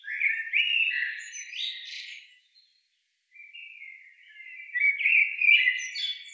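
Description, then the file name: Common blackbird singing two mellow, fluty warbled phrases that rise into high, thin twittering, separated by a brief pause; no other sounds heard. "Turdus merula"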